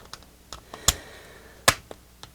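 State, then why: Seated. A plastic ThorFire BL02 rear bike light is slid into its plastic seat post adapter mount. Several light plastic ticks come first, then the loudest sharp snap at 1.7 s as it latches and seats in place.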